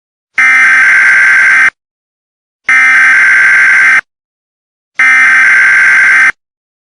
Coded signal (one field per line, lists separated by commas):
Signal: Emergency Alert System (SAME) tones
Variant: header bursts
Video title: EAS CICADA ANNOUNCMENT